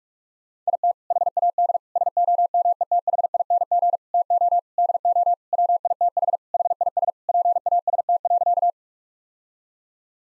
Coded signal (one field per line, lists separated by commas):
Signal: Morse code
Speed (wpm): 41 wpm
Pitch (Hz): 700 Hz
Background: none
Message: IT HAD SOMETHING TO DO WITH HIS PAST.